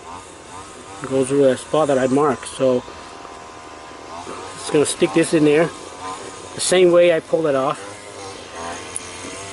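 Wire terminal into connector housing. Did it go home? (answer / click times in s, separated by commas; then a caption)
yes / 9.0 s. A black wire's terminal is pushed into its marked cavity in the rear door motor connector housing of a 2007 Sienna back door while someone talks. A sharp click at 8.9 seconds shows it has seated, and it then can't be pulled back out.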